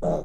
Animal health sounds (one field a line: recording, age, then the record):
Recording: pig call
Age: piglet (1 to 25 days)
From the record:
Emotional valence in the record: negative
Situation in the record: long isolation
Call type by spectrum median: low-frequency call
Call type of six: low-frequency stable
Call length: 0.25 s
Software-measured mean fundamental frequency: 76 Hz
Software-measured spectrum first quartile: 166 Hz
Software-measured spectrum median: 446 Hz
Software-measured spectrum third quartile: 616 Hz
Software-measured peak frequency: 610 Hz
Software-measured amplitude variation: 119 dB a second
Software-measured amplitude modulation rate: 13.9 a second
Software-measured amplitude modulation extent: 8.5 dB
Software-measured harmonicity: 3.4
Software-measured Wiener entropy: -0.74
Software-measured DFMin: 2164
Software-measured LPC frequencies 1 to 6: 615, 3821, 5097, 6297, 7010, 7624 Hz